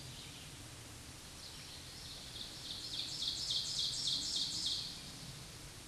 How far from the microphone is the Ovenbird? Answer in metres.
about 25 m